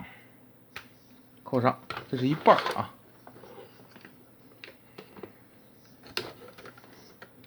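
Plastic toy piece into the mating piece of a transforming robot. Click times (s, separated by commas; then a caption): 0.8 s. A plastic toy piece is pushed into the mating piece of a transforming robot toy and snaps together with a single sharp click at 0.8 s, seating the parts. Someone talks, and a few lighter clicks and handling noises follow.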